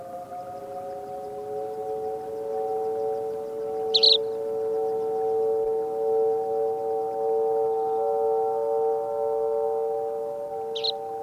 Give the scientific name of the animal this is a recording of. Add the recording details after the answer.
Prunella collaris. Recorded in the wild. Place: Sinaia, Plateau, Transilvania, RO. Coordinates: 45.331, 25.562. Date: 1976-05-26. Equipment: Nagra III BH, Sennheiser MD 21, parabola. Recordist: Schubert, Michael